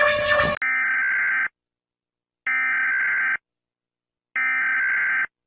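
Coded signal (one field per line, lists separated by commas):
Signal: Emergency Alert System (SAME) tones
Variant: header bursts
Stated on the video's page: EAS-style alarms from a FIFA World Cup Brazil 2014 game.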